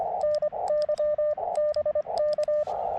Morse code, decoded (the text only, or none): NY BK